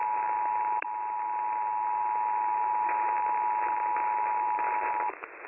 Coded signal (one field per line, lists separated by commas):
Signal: Emergency Alert System (SAME) tones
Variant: 853 and 960 Hz attention tone